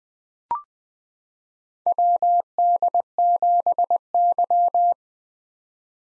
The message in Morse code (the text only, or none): WD7Y